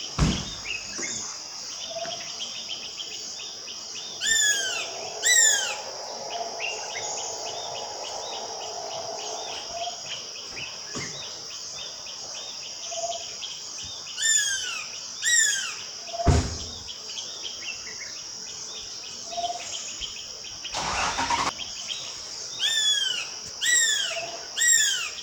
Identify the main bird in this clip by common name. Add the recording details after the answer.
Black Goshawk. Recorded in Bwindi, Uganda